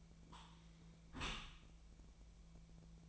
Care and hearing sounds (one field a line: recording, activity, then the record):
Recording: daily activity, microphone in the room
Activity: close dishwasher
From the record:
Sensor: 1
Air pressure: 1000.5 hPa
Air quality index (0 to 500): 184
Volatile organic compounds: 4 ppm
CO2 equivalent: 1698 ppm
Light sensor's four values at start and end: 12/29/12/14 and 12/29/12/14